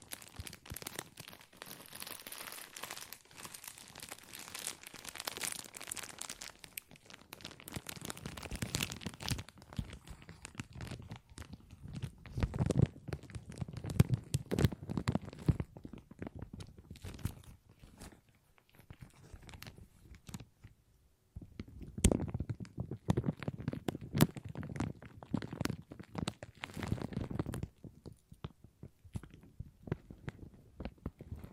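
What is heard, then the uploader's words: Plastic crinkles in dense, crackly bursts, bright and busy for the first ten seconds, then lower, softer handling with pauses around 20 and 28 seconds. ASMR Plastic Crinkle No Talking.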